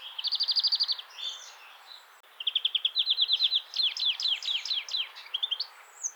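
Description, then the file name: European greenfinch song: a fast trill, a short pause, then a long run of rattling trills and sliding chirps. "Chloris chloris"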